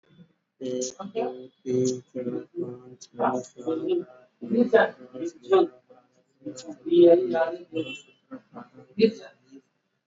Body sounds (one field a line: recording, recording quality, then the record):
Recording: counting at a normal pace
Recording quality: poor, much background noise or distortion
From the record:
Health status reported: exposed to COVID-19, no respiratory illness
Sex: male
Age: 30 years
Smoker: no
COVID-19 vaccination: both doses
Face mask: worn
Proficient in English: yes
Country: India